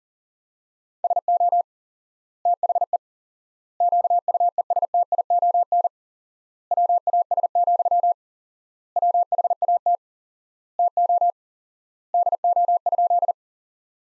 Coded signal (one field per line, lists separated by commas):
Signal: Morse code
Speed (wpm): 37 wpm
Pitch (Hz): 700 Hz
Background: none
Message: SO THE QUESTION WAS, WHAT TO DO?